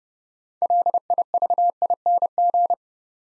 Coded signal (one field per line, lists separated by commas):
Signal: Morse code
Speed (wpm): 30 wpm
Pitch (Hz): 700 Hz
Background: none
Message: LIVING